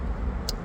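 A fuel line connector is pushed onto the fuel pump assembly during a fuel pump replacement on an Audi Q5, over a steady low rumble. A single sharp click is heard at 0.5 s as the connector seats home.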